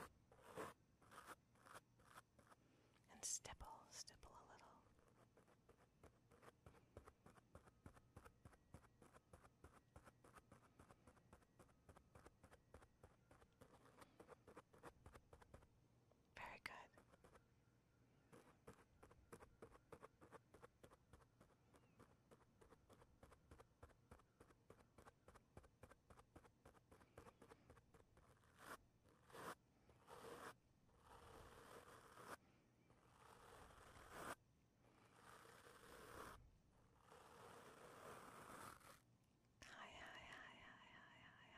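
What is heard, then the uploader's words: Latex glove sounds fill the clip, a dense run of quick, crisp taps and rubbery crinkles in an almost regular patter. Louder snaps and rustling bursts break in near the start, around the middle, and more often toward the end, over a faint low hum. ASMR personal attention with latex gloves.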